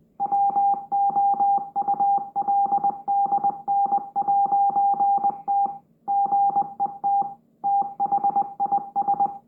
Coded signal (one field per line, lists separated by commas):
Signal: Morse code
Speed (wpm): 20 wpm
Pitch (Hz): 800 Hz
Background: music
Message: WOULDN'T GET THIS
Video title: Mysterious Morse Code recieved from space?! 🤯